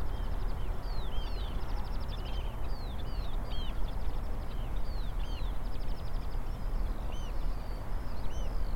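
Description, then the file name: Eurasian oystercatchers piping, a busy chorus of arched, shrill notes and buzzy trills overlapping throughout, over a constant low roar. Several birds at Rye Harbour river mouth, recorded 9 May 2022. "220509 0057 Rye Harbour river mouth Oystercatchers"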